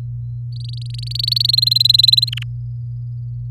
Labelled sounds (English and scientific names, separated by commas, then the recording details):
Domestic Canary (Serinus canaria) song
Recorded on 4 May 2018 at 06:12
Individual llb16